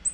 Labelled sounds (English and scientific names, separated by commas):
Black-throated Green Warbler (Setophaga virens) flight call